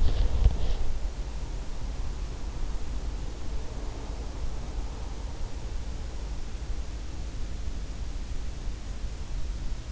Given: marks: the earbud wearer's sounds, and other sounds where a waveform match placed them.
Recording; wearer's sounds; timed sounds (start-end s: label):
sounds in sleep by an in-ear microphone; body movement
0.00-1.23 s: body movement